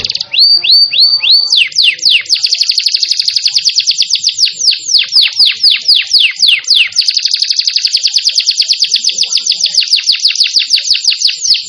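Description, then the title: Canary song opening with slow falling whistles, then a long unbroken run of fast high trills and repeated sweeping notes. "Kenari Gacor"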